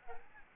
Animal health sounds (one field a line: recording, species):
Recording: mosquito wingbeat signal from an infrared sensor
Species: Aedes albopictus